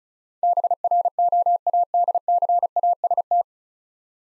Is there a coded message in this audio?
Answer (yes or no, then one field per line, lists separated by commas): yes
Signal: Morse code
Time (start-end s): 0.4-3.4 s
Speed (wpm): 34 wpm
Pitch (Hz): 700 Hz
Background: none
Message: BROADCAST